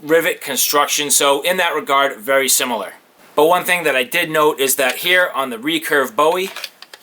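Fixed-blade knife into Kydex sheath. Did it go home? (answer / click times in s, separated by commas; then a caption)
no / none. Someone talks while handling a recurve bowie fixed-blade knife and its Kydex sheath, with a couple of faint, short ticks near the end around 6.8 s and 6.9 s. The blade is not yet pushed home, so nothing has seated or clicked into the retention detent yet.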